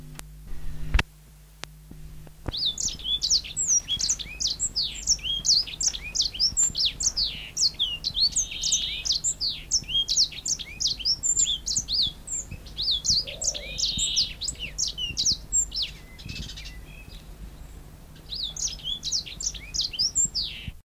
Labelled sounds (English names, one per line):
Atlantic Canary call